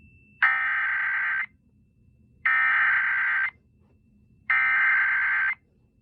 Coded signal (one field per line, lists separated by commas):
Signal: Emergency Alert System (SAME) tones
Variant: header bursts